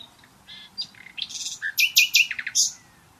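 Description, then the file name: Common nightingale song: quiet opening notes building into a dense burst of loud, varied, sharp chirps and whistles. "Luscinia megarhynchos"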